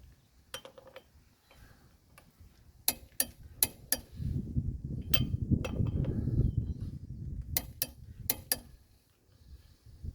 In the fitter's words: always do two clicks and watch and make sure that the bolt head ain't turning on the second click